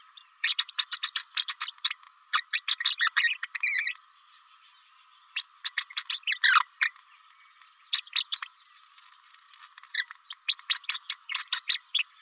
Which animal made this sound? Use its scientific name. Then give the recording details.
Forpus passerinus. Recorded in a nest box in Venezuela. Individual 18B104A5